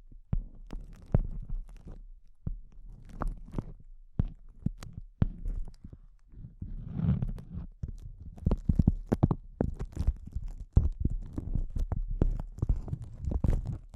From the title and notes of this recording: ASMR Intense Close-Up Crinkles (No Talking).